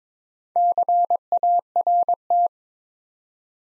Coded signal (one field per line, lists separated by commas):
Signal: Morse code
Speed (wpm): 22 wpm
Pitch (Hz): 700 Hz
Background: none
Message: CART